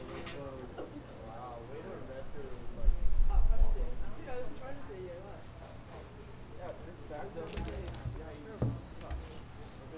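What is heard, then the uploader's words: Eating outdoors at a patio table, with voices talking through most of the stretch and a steady low hum underneath. A louder burst of rumbling and handling noise arrives around three seconds, and brief clatters and taps near eight to nine seconds. Location: The hub at CMC. I was sitting outdoors on the patio eating some food on a table. The recorder was standing on the table. Behind me was a series of glass window panes and doors that served as the walls of the inside of the hub.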